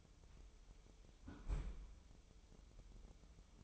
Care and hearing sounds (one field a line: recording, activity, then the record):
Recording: daily activity, microphone in the room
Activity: close fridge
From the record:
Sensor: 1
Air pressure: 988.4 hPa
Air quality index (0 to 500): 199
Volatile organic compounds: 1000 ppm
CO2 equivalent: 5326 ppm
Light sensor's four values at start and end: 28/102/38/40 and 28/102/38/40